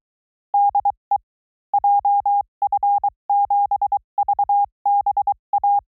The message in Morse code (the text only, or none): DE JF7VBA